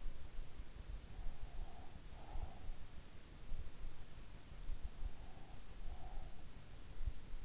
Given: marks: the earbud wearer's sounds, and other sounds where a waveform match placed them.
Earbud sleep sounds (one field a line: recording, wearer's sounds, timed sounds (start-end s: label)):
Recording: sounds in sleep by an in-ear microphone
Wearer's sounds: breath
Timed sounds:
1.20-2.76 s: breath
4.86-6.70 s: breath